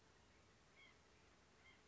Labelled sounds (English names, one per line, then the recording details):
White-breasted Nuthatch
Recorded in Sonoma County, California